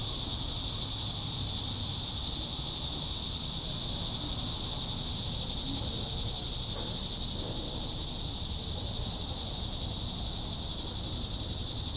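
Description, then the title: Cicadas producing a constant, intense high buzz that eases slightly in the second half, with soft low noise beneath. "neoscenes: cicadas"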